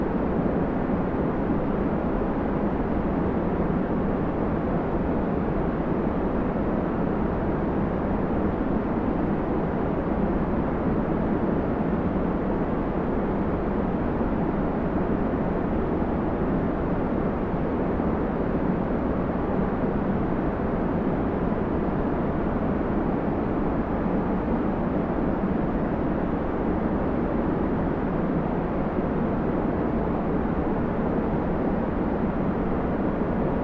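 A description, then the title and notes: Steady, dense white noise with a deep, rumbling low end and muffled top, unchanging throughout like a distant aircraft cabin hum. Starlight White Noise.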